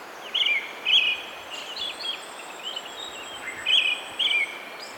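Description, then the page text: Brown-headed thrush calling with clear, slurred whistled notes over background hiss. "Desmond Allen - Золотистый дрозд (Turdus chrysolaus)"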